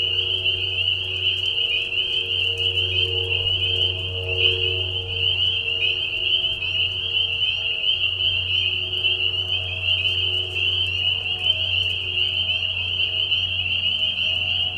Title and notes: Peeper frogs in the spring. This is a recording made of Peeper frogs in a marsh at night. This is a mating call that happens during a very short season in the Spring. Recorded at the Tiny Marsh Conservation area in Tiny, Ontario. Recorded by Anton Pickard. Music for Sleep project